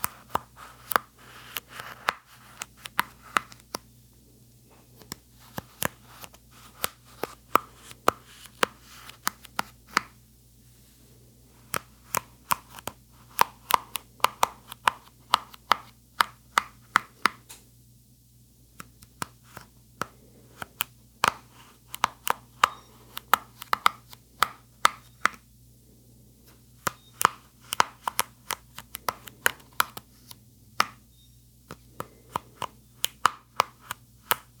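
Brush bristles pop and snap in sharp little clicks, coming in uneven clusters with short pauses between bursts. A soft low hum runs steadily underneath, and a faint breathy rustle shows between the crisp ticks.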